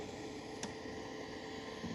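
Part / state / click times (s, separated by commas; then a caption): robot vacuum component into its base or dock / not seated / none. During setup of an M40 robot vacuum, a component is handled and pushed toward its mating piece on the unit or dock over a steady broadband hum, with a brief sharp transient at 0.6 s. The part is still being handled and has not seated or clicked into place yet.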